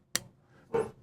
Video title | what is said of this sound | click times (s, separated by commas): Unboxing a version 2 QSP Penguin linerlock knife & installed their new Teflon/PB washers… I like it! | Nice. Nice little clicketity. | 0.2 s